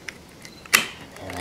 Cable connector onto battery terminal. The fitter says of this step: they just kind of Click into place and then